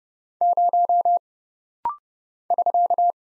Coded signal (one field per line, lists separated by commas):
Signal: Morse code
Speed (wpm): 30 wpm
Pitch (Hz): 700 Hz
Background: none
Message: 0 <SK>